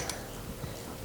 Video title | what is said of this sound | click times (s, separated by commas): Norelco Trimmer | one of the things is you start from the front and then snap from the back | 0.1 s